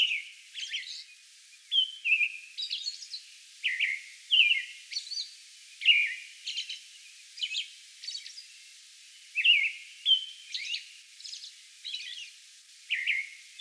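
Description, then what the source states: American robin song, a series of warbled whistled phrases and high squeaky notes separated by short pauses. Song bout recorded May 11.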